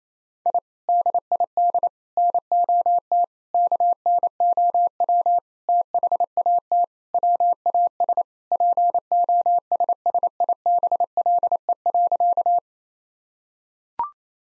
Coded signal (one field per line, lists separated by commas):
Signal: Morse code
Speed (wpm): 28 wpm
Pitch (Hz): 700 Hz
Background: none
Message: I DID NOT KNOW THAT WAS POSSIBLE.